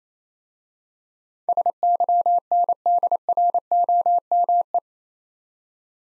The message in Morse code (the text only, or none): SYNDROME